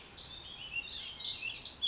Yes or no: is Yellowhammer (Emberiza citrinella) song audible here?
no